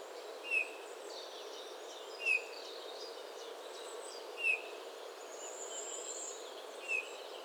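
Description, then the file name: Eurasian bullfinch calls: four soft, brief piped whistles spaced about two seconds apart, over a faint hiss and high bird notes. "Pyrrhula pyrrhula"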